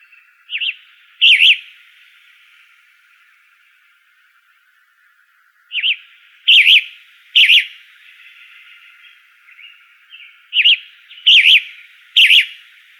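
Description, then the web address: Flame-colored tanager song of burry, slurred phrases in irregular bursts separated by pauses of several seconds. In Arizona on 16 May 2004. "Tanagers AZFO FCTA. deviche 051604"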